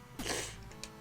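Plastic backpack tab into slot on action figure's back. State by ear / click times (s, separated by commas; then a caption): not seated / none. A plastic backpack tab is pushed toward the slot on the back of a Hasbro Transformers Legacy Prime Universe Deluxe Class Knockout action figure. A broad, hissy burst rises around 0.2 s and fades by about 0.5 s, followed by a brief, sharp hit at 0.8 s that is likely contact or the backpack popping out. The tab does not snap into the slot and springs back out, so nothing has seated or clicked.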